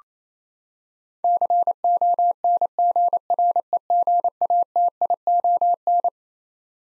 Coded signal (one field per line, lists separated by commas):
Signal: Morse code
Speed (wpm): 28 wpm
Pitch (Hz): 700 Hz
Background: none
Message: CONGREGATION